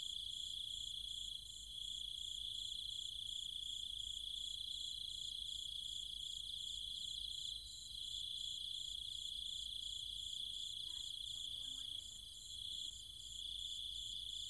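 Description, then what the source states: Cicadas and insects buzz continuously in a shrill chorus with regular high pulses, briefly dipping a few times; faint lower chirps appear around eleven to twelve seconds. Cicadas and other insects calling at night in trees and fields, countryside near Chiang Mai, Thailand.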